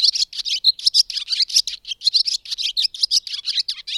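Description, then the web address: Bird song as a fast, continuous stream of bright chirping notes repeated several times a second, steady in loudness throughout. "madarak enek"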